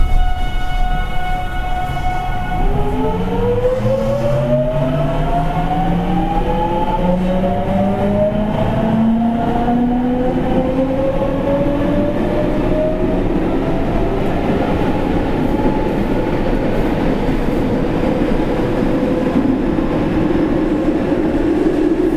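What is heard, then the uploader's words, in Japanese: An electric commuter train runs, heard from on board with a constant heavy rumble underneath. After a couple of seconds of steady tones, the motor whine begins climbing in several layered pitches as the train accelerates, rising gradually through to the end. JR207系 放出から尼崎まで。JR西日本 207系電車の走行音です。学研都市線からJR東西線へ直通する区間快速列車にて収録しました。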